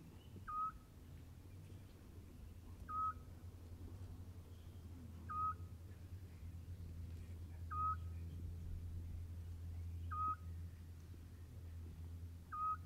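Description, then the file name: Scops owl giving short, clear whistled single notes, evenly repeated about every two and a half seconds, over a steady low hum. "Otusco"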